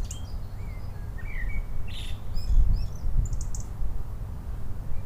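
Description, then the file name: Common blackbird giving brief fluted notes and high squeaky twitters, partly masked by low rumbling background noise. "Turdus merula - Common Blackbird"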